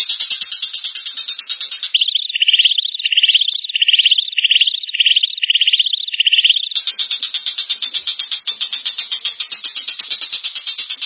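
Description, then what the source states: Long-tailed shrike song: dense, rapid high chattering notes, then a run of repeated rising trilled phrases, before the fast chatter returns. Combination song compiled for songbird training.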